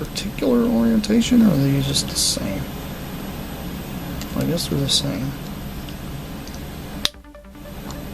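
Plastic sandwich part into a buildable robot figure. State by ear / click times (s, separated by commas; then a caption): seated / 7.0 s. A plastic "sandwich" part is pushed into a buildable robot figure kit while someone talks. It snaps into place with a loud, sharp click at 7.1 seconds, and the part is seated.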